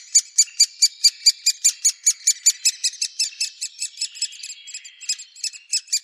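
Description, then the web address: Great spotted woodpecker nestlings giving high, sharp begging calls, rapidly repeated, steady at first, then more uneven toward the end. "Schulze Peter Great Spotted Woodpecker nestlings"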